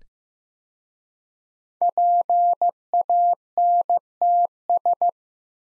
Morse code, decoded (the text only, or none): PANTS